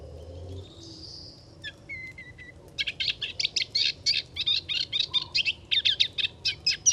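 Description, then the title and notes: Moustached warbler song: a few thin whistles at first, then a fast, steady, rhythmic run of bright, clipped notes repeated several times a second. Singing in a reedbed, hard to see among the reeds, Chemin de Fangassier, Camargue, 23 March 2019, no wind, Wildtronic parabola with MKH8020 and MixPre 3. "La Lusciniole à moustaches. 23 mars 2019-Chemin de Fangassier - Camargue - Parabole Wildtronic - mkh8020-Mixpre 3 Juste avant mon départ de Camargue je découvre une magnifique roselière où chante une Lusciniole à moustaches (Acrocephalus melanopogon)"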